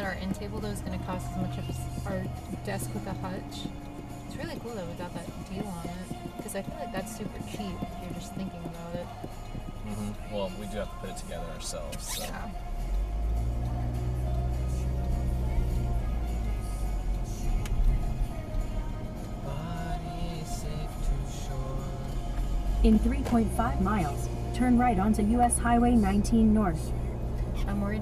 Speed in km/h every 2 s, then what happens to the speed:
0, 0, 0, 0, 0, 0, 8, 21, 24, 29, 27, 31, 40, 48.
0-11 standing. 11-18 pulls away to 29. 21-28 speeds up to 48.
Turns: 13-19.